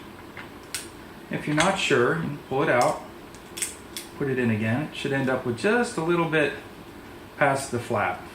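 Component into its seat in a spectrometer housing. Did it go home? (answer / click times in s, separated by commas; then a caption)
no / none. A component is handled at its seat in the housing of an assembled Bakman PB7220-2000-T THz spectrometer, pulled out to check and pushed back in so it ends up just past the flap. Someone talks throughout, with short sharp handling ticks near 0.7 s and 3.6–4.0 s. Nothing has seated or clicked yet.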